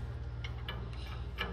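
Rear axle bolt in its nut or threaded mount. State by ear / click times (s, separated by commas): stripped / none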